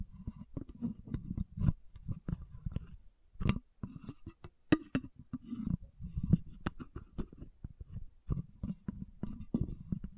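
Lids clatter and a bottle is tapped and scratched in a busy, irregular stream of sharp clicks and knocks across the whole ten seconds. Beneath the taps runs a low, grainy scraping, with a few louder bright knocks standing out.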